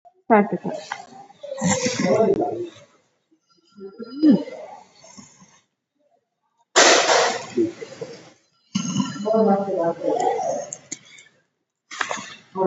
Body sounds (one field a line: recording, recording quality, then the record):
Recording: shallow breathing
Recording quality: excellent, no background noise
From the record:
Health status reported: recovered from COVID-19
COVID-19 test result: positive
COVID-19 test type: RT-PCR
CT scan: not taken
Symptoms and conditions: breathing difficulty, asthma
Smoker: yes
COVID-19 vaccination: both doses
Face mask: not worn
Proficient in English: yes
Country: India